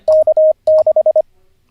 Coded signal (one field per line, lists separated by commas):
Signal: Morse code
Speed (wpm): 25 wpm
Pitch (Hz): 620 Hz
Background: none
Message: K6